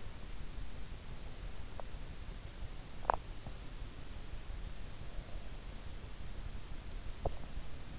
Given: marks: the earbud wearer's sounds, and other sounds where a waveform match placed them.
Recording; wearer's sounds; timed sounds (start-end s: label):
sounds in sleep by an in-ear microphone; teeth grinding
1.70-3.33 s: teeth grinding